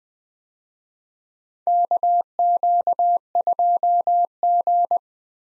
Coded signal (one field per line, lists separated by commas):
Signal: Morse code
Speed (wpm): 20 wpm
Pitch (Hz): 700 Hz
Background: none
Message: KQ2G